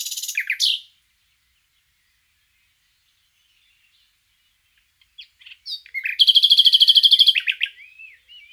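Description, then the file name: Common nightingale song: a quick burst of notes, silence, then scattered chips leading into a fast rhythmic trill about a second long and a few closing notes. "Luscinia megarhynchos"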